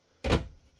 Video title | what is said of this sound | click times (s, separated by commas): How to replace the front case fan on the Dell Optiplex 7010 SFF small form factor | And from there, it should be a simple matter of just slotting it in like so, pushing it down, lock it in place, and you're done. | 0.2 s